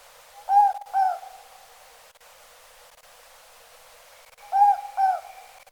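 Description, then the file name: Morepork calling its double hoot twice, the second phrase accompanied by a faint steady high tone, with soft hiss throughout. Recorded in pakihi at Okarito, New Zealand, on 22 December 2004. "morepork spel pakihi okarito 2004-12-22"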